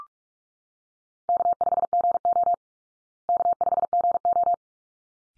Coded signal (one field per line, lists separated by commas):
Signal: Morse code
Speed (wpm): 44 wpm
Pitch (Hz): 700 Hz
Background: none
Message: K5GO K5GO